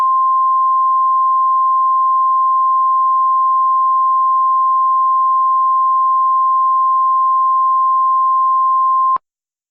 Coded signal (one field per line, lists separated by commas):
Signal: Emergency Alert System (SAME) tones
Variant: 1050 Hz attention tone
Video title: *VALID TONES* War Of The Worlds REMASTERED (EAS Scenario)